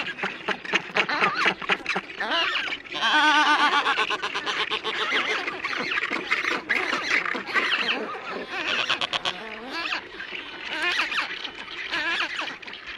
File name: Canto do albatroz de sobrancelha